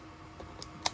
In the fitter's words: and pop it back in and you hear them click it clicks to lock in so it's out